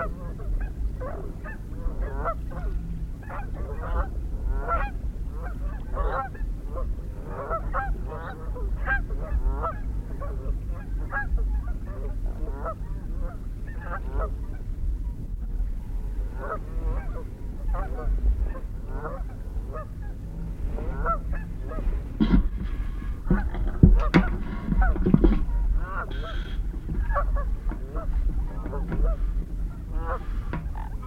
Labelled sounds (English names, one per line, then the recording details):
Canada Goose call
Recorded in the wild
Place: Poggenhof, Insel Rügen, Mecklenburg-Vorpommern, DE
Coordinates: 54.531, 13.176
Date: 1973-10-01
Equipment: Nagra III BH, Sennheiser MD 21, parabola
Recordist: Schubert, Michael